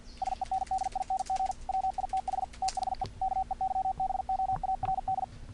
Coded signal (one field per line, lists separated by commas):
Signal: Morse code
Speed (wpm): 50 wpm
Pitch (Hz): 760 Hz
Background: none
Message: SENDING WITH THE KEYBOARD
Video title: SOFTWARE CW KEYERs - review of 5 morse code programs